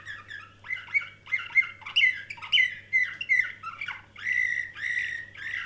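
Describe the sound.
Canary song with varied warbling phrases, short slurred notes and longer buzzy held tones, delivered continuously over a faint steady low hum.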